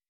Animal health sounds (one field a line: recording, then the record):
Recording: hydrophone in a shrimp aquaculture tank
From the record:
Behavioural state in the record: weakened